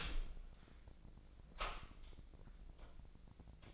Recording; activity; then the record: daily activity, microphone in the room; open door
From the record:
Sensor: 5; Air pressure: 1009.2 hPa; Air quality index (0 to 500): 169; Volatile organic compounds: 2 ppm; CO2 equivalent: 1288 ppm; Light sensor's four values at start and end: 199/474/201/218 and 198/472/200/218